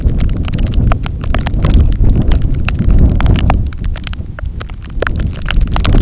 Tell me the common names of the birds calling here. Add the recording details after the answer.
none. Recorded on Arctic tundra, site NAIT-1, on 27 June 2019. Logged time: 00:00